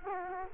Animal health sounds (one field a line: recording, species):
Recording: mosquito wingbeat signal from an infrared sensor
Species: Culex quinquefasciatus